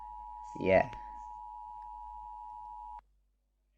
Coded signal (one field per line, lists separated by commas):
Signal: Emergency Alert System (SAME) tones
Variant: 853 and 960 Hz attention tone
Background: speech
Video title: EAS alarms